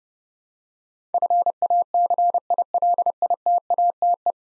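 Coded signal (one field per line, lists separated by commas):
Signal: Morse code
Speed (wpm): 32 wpm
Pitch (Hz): 700 Hz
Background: none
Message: FACILITATE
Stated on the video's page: Morse code head-copy drill of ten-letter words at 30 wpm; each word is sent, spoken, then sent again.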